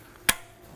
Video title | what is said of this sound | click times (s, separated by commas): BMW X3 Radiator Replacement DIY (2018-2024 BMW G01 X3, G02 X4, M40i, B58 Engine) | Once you hear that nice click engagement, you know that's taken care of. | 0.3 s